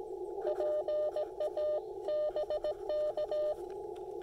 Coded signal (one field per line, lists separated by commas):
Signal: Morse code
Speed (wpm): 17 wpm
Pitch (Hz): 600 Hz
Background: radio noise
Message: PA BK